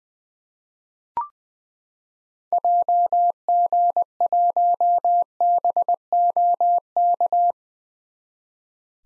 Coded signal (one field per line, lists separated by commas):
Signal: Morse code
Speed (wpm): 21 wpm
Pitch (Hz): 700 Hz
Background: none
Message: JG1BOK